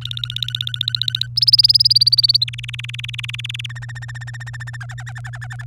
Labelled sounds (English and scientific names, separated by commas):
Domestic Canary (Serinus canaria) song